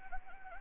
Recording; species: mosquito wingbeat signal from an infrared sensor; Anopheles gambiae